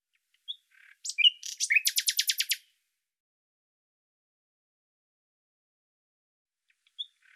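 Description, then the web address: Bird song phrase: scattered chirps leading into a fast buzzy rattle, then silence and a couple of faint notes. "Deverinetal 2025"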